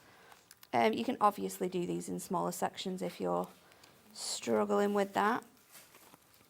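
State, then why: Seated. A punched paper page is pushed onto the plastic binding disc rings of a disc-bound notebook, and two quick, sharp clicks at 0.5 s and 0.6 s mark the page seating into the ring. Someone then talks.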